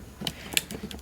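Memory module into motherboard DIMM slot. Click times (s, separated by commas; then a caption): 0.3 s, 0.6 s. A second RAM stick is pressed firmly into the third DIMM slot of a motherboard until both side latches snap into place. Sharp clicks at 0.3 s and 0.6 s mark the latches locking, followed by a few fainter ticks. The memory module is seated.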